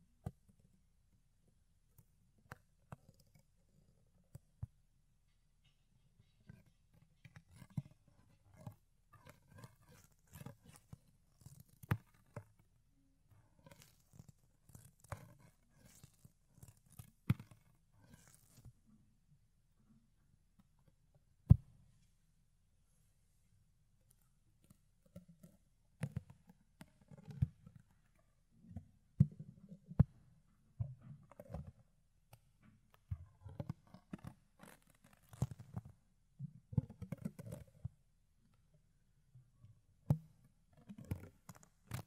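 Fluffy ear cleaning and picking: soft, muffled rubbing and brushing sounds, low and dull, come in uneven bursts throughout. Sharp little clicks and taps are scattered across it, with a louder snap near 21 seconds and busier scratching after 25 seconds.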